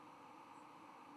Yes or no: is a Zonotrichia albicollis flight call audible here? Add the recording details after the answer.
no. Another species' flight call is heard. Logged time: 10:11 on 10 November 2014